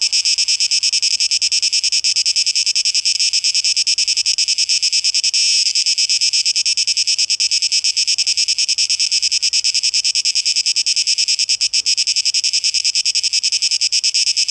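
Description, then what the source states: High, grating cicada drone pulsing steadily, continuous to the end. Cicadas, 12 August 2023; tape echo mix.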